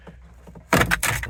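A plastic air vent clipped into the dashboard of a 2015 Ford Explorer is wiggled out after a quiet stretch of low handling noise. Its clips let go with loud plastic snaps at 0.7 s and 1.0 s, followed by further rattling clicks. The vent is released and comes out of the dash.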